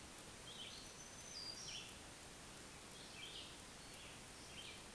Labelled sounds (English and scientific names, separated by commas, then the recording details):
Black-throated Green Warbler (Setophaga virens) song
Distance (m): 30 m
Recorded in a Pennsylvania forest on 1 June 2023 at 07:43
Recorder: AudioMoth, point grid3_35_high
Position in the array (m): 162 m, 132 m